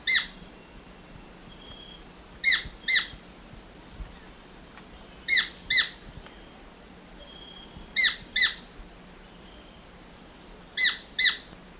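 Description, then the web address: Black-billed treehunter calling in harsh, squawky note pairs, each pair repeated roughly every two and a half to three seconds over quiet background hiss. Ecuador. "Birds of Ecuador. Black-billed Treehunter"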